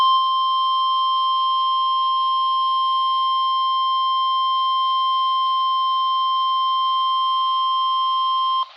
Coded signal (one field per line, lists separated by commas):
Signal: Emergency Alert System (SAME) tones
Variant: 1050 Hz attention tone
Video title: (EAS "#773") GSP Severe Thunderstorm Warning from WNG588 (Jefferson, NC) - 6/10/2025